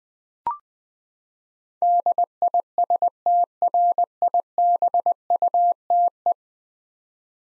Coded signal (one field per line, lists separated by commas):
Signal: Morse code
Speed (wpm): 20 wpm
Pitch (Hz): 700 Hz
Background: none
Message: DISTRIBUTE